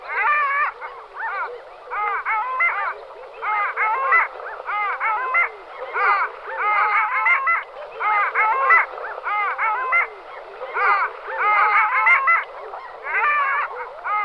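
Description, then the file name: Long-tailed duck calling in nasal, yodelling harmonic phrases, delivered in repeated bursts across the recording, with short quiet gaps between groups. "hoholka-lesní"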